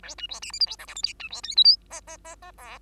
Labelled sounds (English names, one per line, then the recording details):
Bengalese Finch song
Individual Bird2